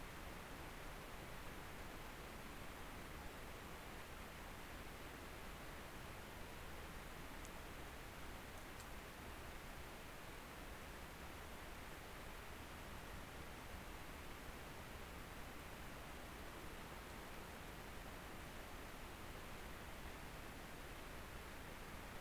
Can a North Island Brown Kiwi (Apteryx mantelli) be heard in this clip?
no